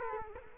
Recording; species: mosquito wingbeat signal from an infrared sensor; Culex quinquefasciatus